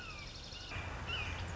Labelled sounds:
Red-shouldered Hawk (Buteo lineatus)
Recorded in Sonoma County, California

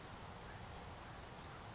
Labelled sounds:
California Towhee (Melozone crissalis)
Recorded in Sonoma County, California

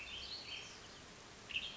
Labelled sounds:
Western Tanager (Piranga ludoviciana)
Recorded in Sonoma County, California

